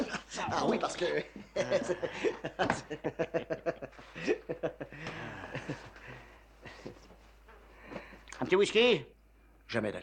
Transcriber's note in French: il rigole bêtement